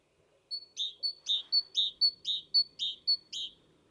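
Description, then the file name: Great tit calling in a rapid repeated series of paired notes, a thin high note followed by a lower buzzy one, about two pairs per second, over quiet background. "Parus major"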